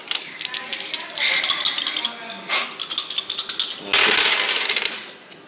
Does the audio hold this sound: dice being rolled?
yes